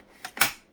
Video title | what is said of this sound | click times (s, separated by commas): Dyson DC07 Refurbishment - Part 2 | click it into the top of the machine | 0.4 s